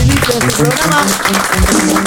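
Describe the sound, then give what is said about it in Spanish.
An audience breaks into applause for a guest being introduced on a show, a steady wash of clapping that stays loud for about two seconds, mixed with cheering voices and chatter. “Un aplauso para él.”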